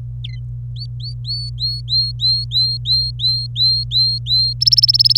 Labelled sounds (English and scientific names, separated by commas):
Domestic Canary (Serinus canaria) song